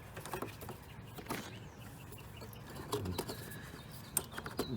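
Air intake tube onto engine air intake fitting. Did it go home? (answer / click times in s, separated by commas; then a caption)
yes / 4.2 s. While reassembling a 2012–2014 Ford Focus 2.0L after an O2 sensor replacement, the air intake tube is pushed back onto the engine's air intake fitting amid quiet handling noises and faint chirps. A sharp snap at 4.2 s marks the tube seating in place.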